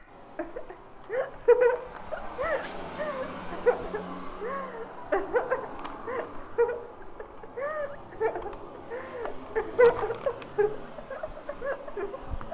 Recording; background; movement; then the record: laughter; traffic; walking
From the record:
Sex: female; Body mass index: 18.8 kg/m2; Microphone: on the chest, facing outward